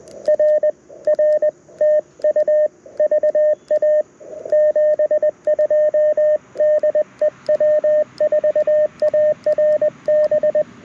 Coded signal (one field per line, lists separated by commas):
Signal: Morse code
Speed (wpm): 20 wpm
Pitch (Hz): 610 Hz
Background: radio noise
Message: R R TU VA 72 DE W4ARB